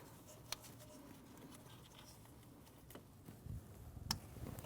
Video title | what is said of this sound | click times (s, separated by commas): How to Replace Oil Pressure Switch 2012-2016 Honda CR-V 2.4L L4 | Wait for the click. | 4.1 s